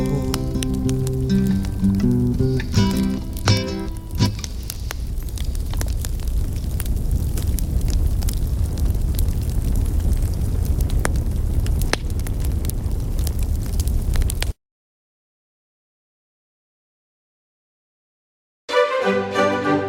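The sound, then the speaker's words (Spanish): A steady roar of crackling bonfire flames with sharp pops scattered throughout, following a few seconds of tonal music; the fire cuts off abruptly into silence before music briefly returns. “Va rumbo al campo de las flores, donde la hoguera espera a Bruno.”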